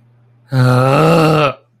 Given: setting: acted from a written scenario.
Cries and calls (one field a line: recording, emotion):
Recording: vocal sound without words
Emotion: anger